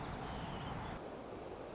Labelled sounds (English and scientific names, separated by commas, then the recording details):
White-crowned Sparrow (Zonotrichia leucophrys)
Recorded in Sonoma County, California